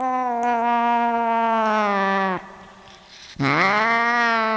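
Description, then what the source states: Cat giving a sustained yowl that drops off sharply, then after a second's silence another yowl rising and holding steady. A cat named Sunshine.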